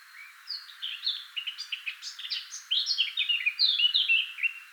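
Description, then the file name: Eurasian blackcap song, busy twittering notes rising into a bright flourish of clear, falling whistles. "Sylvia atricapilla"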